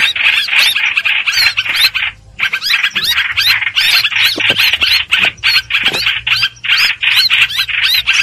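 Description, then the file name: Streak-eared bulbul harsh squawking distress calls in quick bursts, with a brief silence near two seconds before the scratchy chatter resumes. Distress call given to summon the flock. "Tieng chim trao trao keu cuu goi bay"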